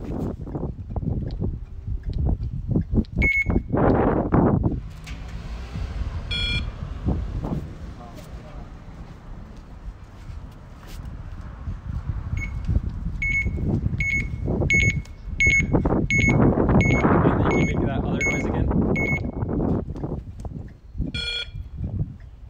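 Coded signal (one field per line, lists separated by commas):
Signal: alarm pattern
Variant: USPS mail truck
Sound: repeated short high beeps about twice a second, with talking and vehicle noise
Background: speech, vehicle noise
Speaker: my dog goes crazy with noises the mail truck I'm hoping to try and record the beeping that you do on my phone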